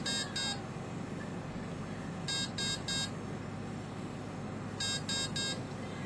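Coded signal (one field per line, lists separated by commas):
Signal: beep code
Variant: RC brushless ESC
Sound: groups of three short buzzy electronic beeps, repeated three times, over hiss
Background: background hiss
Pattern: 3 short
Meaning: Programming step three: battery discharge protection setting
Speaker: okay now it's going to go into step three you'll hear three beeps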